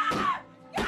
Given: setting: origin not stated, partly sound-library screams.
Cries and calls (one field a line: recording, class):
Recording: one-second piece from a danger detection set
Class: woman in danger